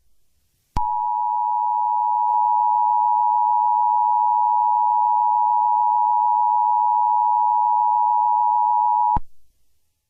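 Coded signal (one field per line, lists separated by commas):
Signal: Emergency Alert System (SAME) tones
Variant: 853 and 960 Hz attention tone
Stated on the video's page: EAS tones in a simulated alert scenario about a monster attacking New York.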